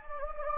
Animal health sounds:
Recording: mosquito wingbeat signal from an infrared sensor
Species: Anopheles gambiae

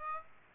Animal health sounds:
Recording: mosquito wingbeat signal from an infrared sensor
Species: Aedes aegypti

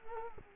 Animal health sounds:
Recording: mosquito wingbeat signal from an infrared sensor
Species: Culex quinquefasciatus

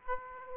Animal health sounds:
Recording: mosquito wingbeat signal from an infrared sensor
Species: Aedes aegypti

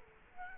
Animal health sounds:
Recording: mosquito wingbeat signal from an infrared sensor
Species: Culex quinquefasciatus

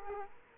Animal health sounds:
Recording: mosquito wingbeat signal from an infrared sensor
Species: Culex quinquefasciatus

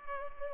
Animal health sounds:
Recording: mosquito wingbeat signal from an infrared sensor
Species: Culex pipiens

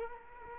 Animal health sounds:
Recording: mosquito wingbeat signal from an infrared sensor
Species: Culex quinquefasciatus

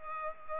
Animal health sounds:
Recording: mosquito wingbeat signal from an infrared sensor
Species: Culex pipiens

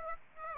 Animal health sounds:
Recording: mosquito wingbeat signal from an infrared sensor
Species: Aedes aegypti

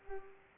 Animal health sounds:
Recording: mosquito wingbeat signal from an infrared sensor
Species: Culex pipiens

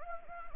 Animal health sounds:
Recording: mosquito wingbeat signal from an infrared sensor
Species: Anopheles gambiae

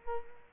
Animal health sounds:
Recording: mosquito wingbeat signal from an infrared sensor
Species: Culex quinquefasciatus

